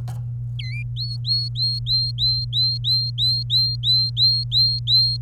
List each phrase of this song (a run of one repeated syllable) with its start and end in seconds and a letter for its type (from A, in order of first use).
0.59-0.83 A, 0.97-5.17 B